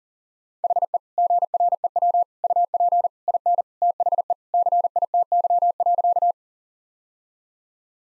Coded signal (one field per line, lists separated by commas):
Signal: Morse code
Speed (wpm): 40 wpm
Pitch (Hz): 700 Hz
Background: none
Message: HE GREW UP IN THE CITY.